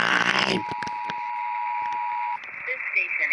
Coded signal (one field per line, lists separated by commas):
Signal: Emergency Alert System (SAME) tones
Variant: 853 and 960 Hz attention tone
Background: speech